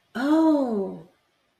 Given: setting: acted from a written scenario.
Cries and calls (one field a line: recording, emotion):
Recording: vocal sound without words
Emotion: realization